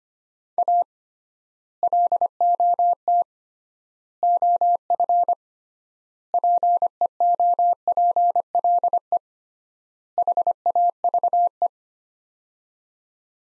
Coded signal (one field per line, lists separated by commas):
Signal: Morse code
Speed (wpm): 25 wpm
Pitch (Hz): 700 Hz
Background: none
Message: A LOT OF PEOPLE HAVE